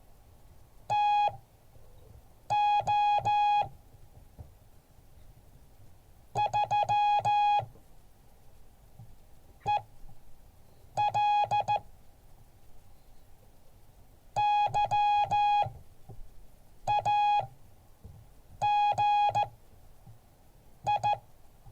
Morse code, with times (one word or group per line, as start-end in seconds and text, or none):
0.9-3.6 TO
6.4-7.6 3
9.7-11.8 EL
14.4-21.1 YAGI